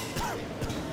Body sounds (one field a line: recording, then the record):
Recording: coughing mixed with background sound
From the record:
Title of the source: Coughing 51